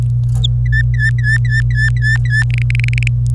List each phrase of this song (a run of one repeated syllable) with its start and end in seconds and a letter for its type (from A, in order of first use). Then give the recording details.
0.43-0.46 A, 0.66-2.43 B, 2.50-3.08 C. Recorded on 26 April 2018 at 12:26. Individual llb3